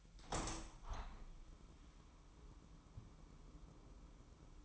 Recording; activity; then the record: daily activity, microphone in the room; open window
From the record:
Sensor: 1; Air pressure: 998.0 hPa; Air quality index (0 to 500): 130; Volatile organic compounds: 4 ppm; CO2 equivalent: 1552 ppm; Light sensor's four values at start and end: 17/56/23/23 and 17/56/23/23